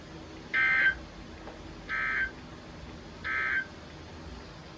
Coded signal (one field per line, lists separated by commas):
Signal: Emergency Alert System (SAME) tones